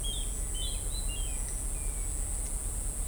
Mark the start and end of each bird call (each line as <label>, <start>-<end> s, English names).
Olive-grey Saltator, 0.00-1.38 s